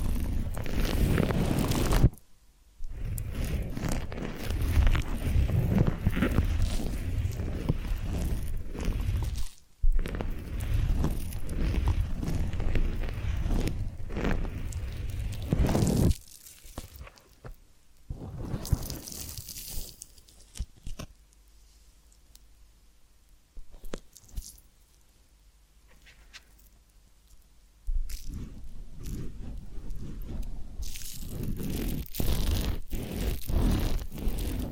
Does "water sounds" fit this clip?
no